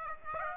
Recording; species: mosquito wingbeat signal from an infrared sensor; Aedes aegypti